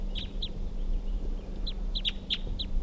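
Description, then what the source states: Crossbill calls, a series of quick sharp chip notes in small clusters, over steady low background hum. Caged male crossbill 327 calling, about 5 p.m.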